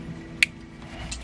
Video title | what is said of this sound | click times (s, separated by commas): Nissan Titan full car stereo install | we get a click that's a bonus | 0.4 s